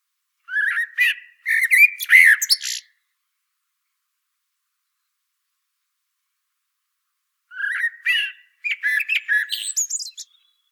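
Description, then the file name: Common blackbird repeating two song bursts several seconds apart, each of low flutey notes quickly followed by busy, high, scratchy twittering. "Turdus merula"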